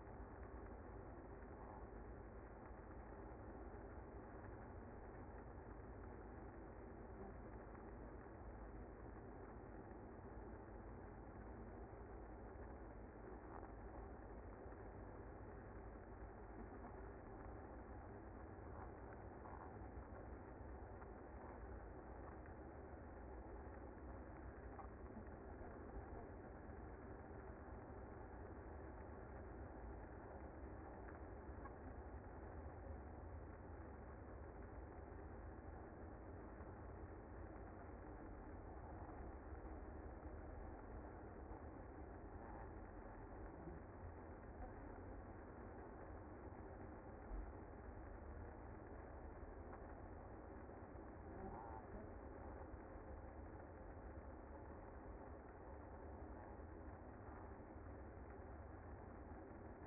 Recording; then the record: honeybee colony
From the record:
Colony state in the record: active